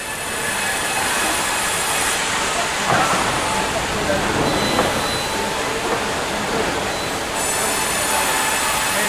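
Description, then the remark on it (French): A debarking machine grinds steadily with a loud, dense rumble and hiss, broken by a few sharp cracks and crunches as logs are chewed through. “Ah, le broyeur, l'écorceuse. Ouais. Ah bah oui, là, elle croque.”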